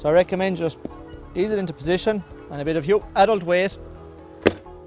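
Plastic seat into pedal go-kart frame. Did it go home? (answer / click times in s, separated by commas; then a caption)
yes / 4.5 s. Someone talks while the plastic seat of a children's Berg Extra Sprinter pedal go-kart is pressed down onto its metal frame with firm adult body weight. A single sharp, loud pop at 4.5 s marks the seat seating into position.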